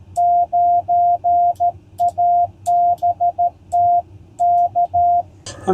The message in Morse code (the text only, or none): 9ABT K